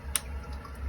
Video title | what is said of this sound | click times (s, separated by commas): Installing the LUXE Bidet Neo-185! | You'll hear it snap in place. | 0.2 s